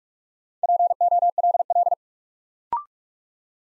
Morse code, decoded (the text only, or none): POLL